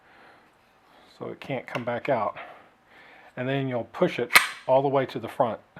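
During reassembly of an Extar EXP-556 AR-style pistol, an internal part is handled and pushed forward inside the upper receiver while someone talks. A brief sharp handling sound occurs, but nothing has seated or clicked into place yet.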